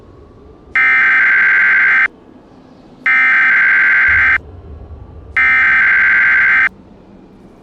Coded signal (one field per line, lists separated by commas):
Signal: Emergency Alert System (SAME) tones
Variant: header bursts